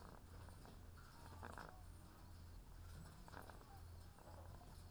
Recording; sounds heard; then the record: poultry house recording; sick chickens (respiratory disease)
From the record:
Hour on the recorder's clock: 18